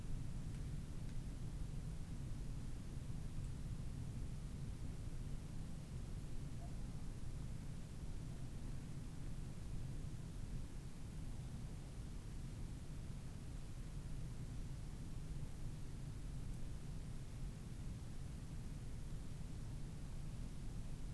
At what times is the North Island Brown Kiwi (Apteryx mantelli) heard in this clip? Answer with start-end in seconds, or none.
none